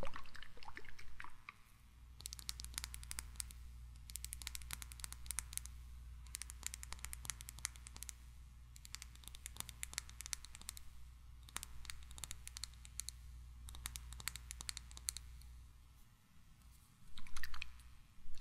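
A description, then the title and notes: Tiny mic triggers: bursts of close, crisp tapping and clicking, like fingertips on a small hard surface, come in clusters throughout with brief pauses. A steady low hum sits underneath from about two seconds until near the end, and the last second swells louder. ASMR 1 HR Of Tiny Mic Triggers.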